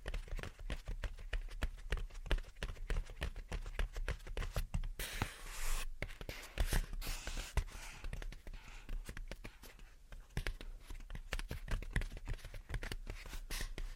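Gentle tapping and scratching runs through the whole stretch as a dense stream of quick, crisp ticks and taps, fairly regular in pace. Around five to eight seconds the sound turns into a brighter, rougher scratching, and steady taps follow after it.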